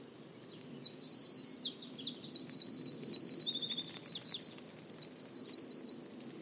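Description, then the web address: Bird singing continuously in a jumble of thin, high trills, rapid chirped phrases and quick repeated notes, with a steady low hiss underneath. "cianscape birddata Deverinetal 2025"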